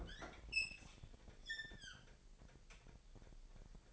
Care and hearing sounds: daily activity, microphone in the room; open fridge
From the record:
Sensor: 5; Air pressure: 1002.0 hPa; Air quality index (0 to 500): 212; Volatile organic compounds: 22 ppm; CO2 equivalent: 2762 ppm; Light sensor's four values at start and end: 9/22/9/10 and 11/25/10/12

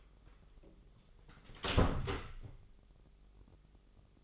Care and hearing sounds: daily activity, microphone in the room; close door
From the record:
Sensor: 4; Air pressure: 997.0 hPa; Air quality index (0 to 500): 41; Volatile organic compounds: 1 ppm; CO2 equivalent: 652 ppm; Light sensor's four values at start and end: 18/41/17/17 and 19/46/19/19

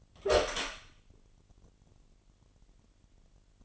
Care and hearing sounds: daily activity, microphone in the room; open door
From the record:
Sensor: 4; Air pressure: 999.2 hPa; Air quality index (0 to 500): 114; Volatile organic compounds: 2 ppm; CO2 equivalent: 1128 ppm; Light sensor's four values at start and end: 13/30/12/13 and 13/32/13/14

